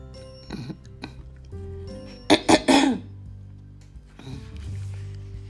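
An adult woman coughs and clears her throat, her throat feeling slightly blocked.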